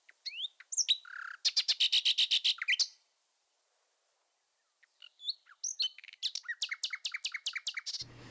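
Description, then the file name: Common nightingale song with sliding whistles leading into a loud rapid rattle, a silent pause, then rising notes and a fast series of repeated chirps. "fulemule"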